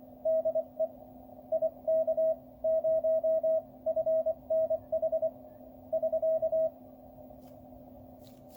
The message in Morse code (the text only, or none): DE IK0FNH <SK>